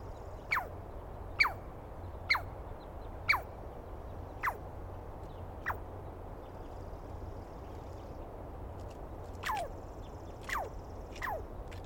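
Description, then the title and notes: Douglas squirrel giving sharp, downward-sweeping calls, about nine in twelve seconds, loosely spaced with a long pause before the last few. Heard at dawn on 21 April 2017 in the East Cascades; a screaming squirrel calling at length during the recordist's morning recording session. "Interview With The Chipmunk. On the morning of 21 April, 2017, I set up my microphones and recorder for a nice dawn recording in the East Cascades. I was started awake by a screaming Douglas Pine Squirrel"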